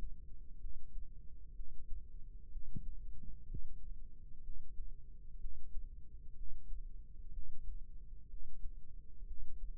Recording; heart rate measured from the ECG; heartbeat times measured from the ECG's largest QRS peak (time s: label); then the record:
heart sounds by microphone in the left ear; 62 bpm
0.59 s: heartbeat
1.54 s: heartbeat
2.50 s: heartbeat
3.46 s: heartbeat
4.42 s: heartbeat
5.38 s: heartbeat
6.35 s: heartbeat
7.31 s: heartbeat
8.28 s: heartbeat
9.25 s: heartbeat
From the record:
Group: healthy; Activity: breath hold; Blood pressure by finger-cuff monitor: 136/61 mmHg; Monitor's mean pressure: 82 mmHg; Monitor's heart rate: 63 bpm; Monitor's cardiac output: 6.3 L/min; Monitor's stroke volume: 100 mL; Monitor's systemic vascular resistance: 960 dyn s/cm5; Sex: female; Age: 37 years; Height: 168 cm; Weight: 70 kg